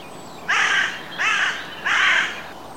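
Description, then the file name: Carrion crow calling three harsh, hoarse caws, each about half a second long, evenly spaced. "Corvus corone"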